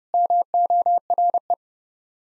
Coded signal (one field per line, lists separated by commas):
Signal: Morse code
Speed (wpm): 30 wpm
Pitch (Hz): 700 Hz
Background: none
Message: MORE